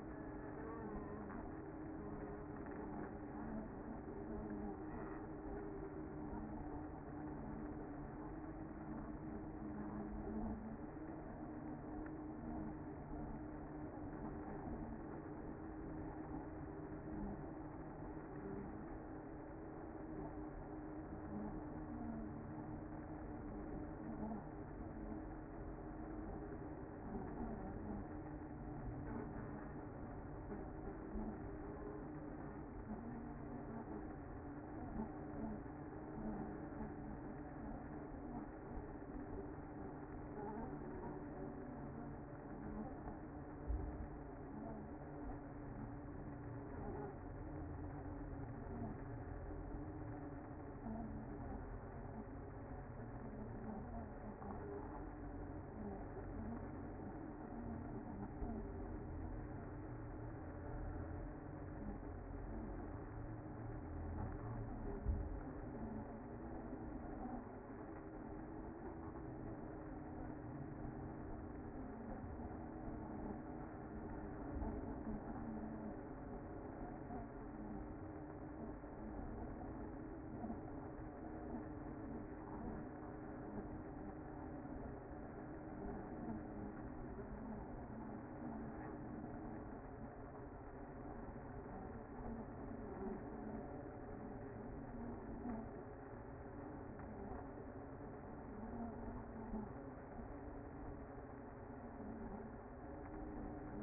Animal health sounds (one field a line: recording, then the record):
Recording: honeybee colony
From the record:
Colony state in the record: active